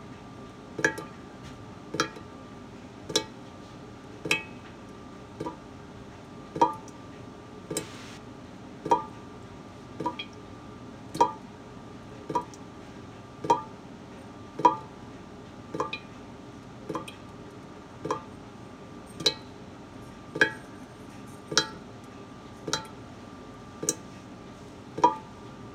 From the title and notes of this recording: Drippy faucet. While cleaning the kitchen this morning I was reminded I accidentally left the water running. The faucet was droning.